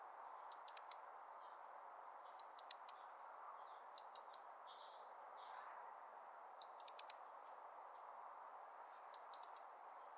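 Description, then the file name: European robin calls: very high, sharp clicking ticks in quick bursts of a few, with bursts spaced a second or more apart over a steady low hiss. "Erithacus rubecula"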